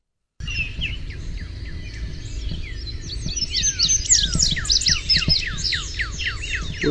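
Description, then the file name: Indigo bunting song: a busy run of quick, high descending chirps and paired notes, growing louder from midway, over a low background rumble. "INBU song"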